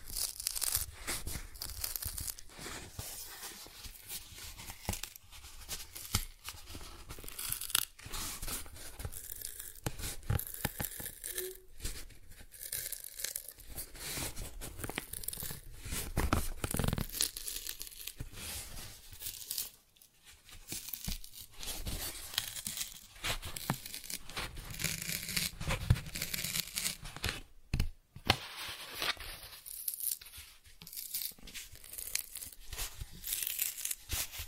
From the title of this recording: Cardboard Scratching, Tracing, Tearing